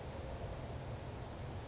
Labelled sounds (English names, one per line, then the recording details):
California Towhee
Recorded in Sonoma County, California